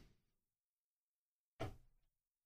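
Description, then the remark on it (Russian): The sliding doors of an office glide open with a loud, breathy whoosh lasting about half a second, after a pause that follows a short, fading rumble at the start. No voices are heard. “И двери кабинета разъехались, приглашая.”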